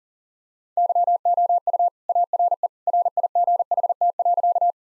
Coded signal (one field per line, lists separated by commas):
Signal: Morse code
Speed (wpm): 37 wpm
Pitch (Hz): 700 Hz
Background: none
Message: YOU ARE RIGHT.